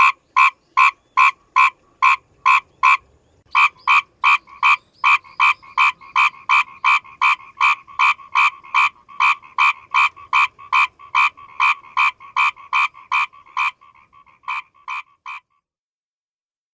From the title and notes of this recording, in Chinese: 大自然的声音_蛙之独白。